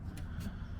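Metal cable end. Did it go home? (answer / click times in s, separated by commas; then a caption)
yes / 0.2 s. A repaired metal cable end on the door release cable of an extended-cab 1997–2003 10th-gen Ford F-150 is slid into its plastic holder at the rear door latch. A short click at 0.2 s rises above a steady low rumble. The cable end is seated in the latch.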